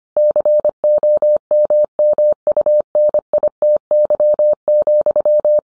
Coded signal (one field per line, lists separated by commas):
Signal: Morse code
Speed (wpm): 25 wpm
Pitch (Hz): 600 Hz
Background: none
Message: COMMUNITY,